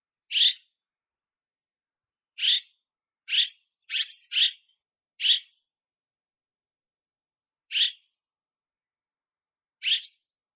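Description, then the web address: Red-rumped swallow calls, eight short high chirps spaced irregularly, some in quick pairs, with silence between. "koshiakatsubame"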